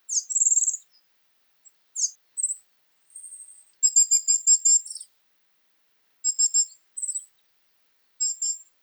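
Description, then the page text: Coal tit calls: thin, high notes and short buzzy phrases, including a quick run of repeated sharp notes in the middle, separated by short silences. Seen in autumn and winter; feeds on small insects and spiders on branch tips and leaves. "ヒガラ 季節 秋冬"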